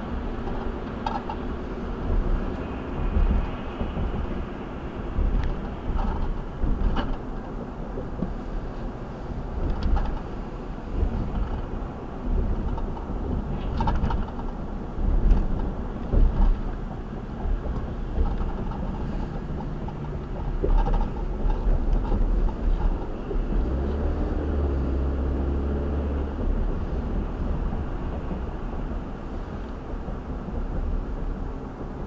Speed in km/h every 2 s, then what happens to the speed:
84, 81, 72, 61, 61, 63, 61, 60, 58, 56, 61, 66, 76, 74, 72, 68.
0-6 brakes to 61. 6-18 steady at about 61. 18-24 speeds up to 76. 24-32 slows to 68.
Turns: none.